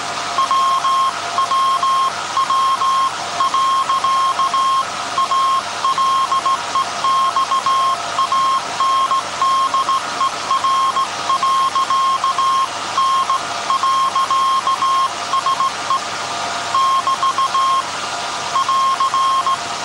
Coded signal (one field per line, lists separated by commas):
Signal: Morse code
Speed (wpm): 17 wpm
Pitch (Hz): 1070 Hz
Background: none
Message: WWW.ALEXANDER.N.SE <BT> <AR>